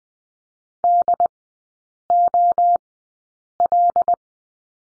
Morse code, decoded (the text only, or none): DOL